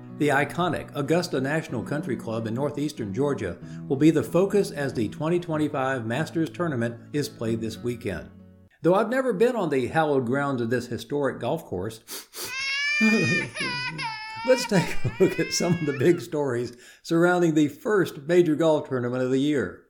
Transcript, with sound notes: The iconic Augusta National Golf Club in northeastern Georgia will be the focus as the 2025 Masters Tournament is played this weekend. Though I’ve never been on the hallowed grounds of this historic golf course (sniff, sniff), let’s take a look at some of the big stories surrounding the first major golf tournament of the year.